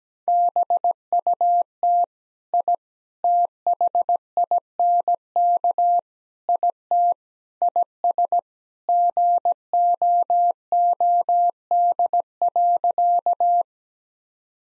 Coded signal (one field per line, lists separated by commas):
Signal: Morse code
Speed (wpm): 17 wpm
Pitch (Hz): 700 Hz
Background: none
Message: BUT I THINK IT IS GOOD.